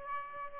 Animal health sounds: mosquito wingbeat signal from an infrared sensor; Aedes aegypti

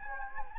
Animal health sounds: mosquito wingbeat signal from an infrared sensor; Anopheles gambiae

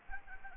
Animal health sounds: mosquito wingbeat signal from an infrared sensor; Anopheles arabiensis

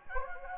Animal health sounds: mosquito wingbeat signal from an infrared sensor; Anopheles gambiae

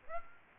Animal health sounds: mosquito wingbeat signal from an infrared sensor; Aedes aegypti

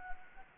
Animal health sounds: mosquito wingbeat signal from an infrared sensor; Anopheles gambiae

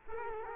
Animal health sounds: mosquito wingbeat signal from an infrared sensor; Culex quinquefasciatus

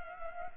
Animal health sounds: mosquito wingbeat signal from an infrared sensor; Culex pipiens

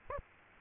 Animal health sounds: mosquito wingbeat signal from an infrared sensor; Aedes aegypti

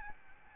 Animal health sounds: mosquito wingbeat signal from an infrared sensor; Aedes albopictus

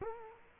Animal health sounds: mosquito wingbeat signal from an infrared sensor; Culex quinquefasciatus

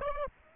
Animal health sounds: mosquito wingbeat signal from an infrared sensor; Aedes aegypti

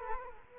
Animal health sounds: mosquito wingbeat signal from an infrared sensor; Culex quinquefasciatus

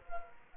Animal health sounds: mosquito wingbeat signal from an infrared sensor; Culex quinquefasciatus

